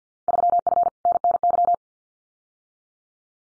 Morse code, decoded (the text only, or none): 3F NNY